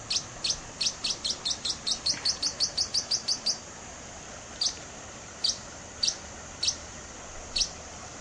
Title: LuckyPassaro Completos2Sama. Yellow-lored Tody-Flycatcher (Todirostrum poliocephalum)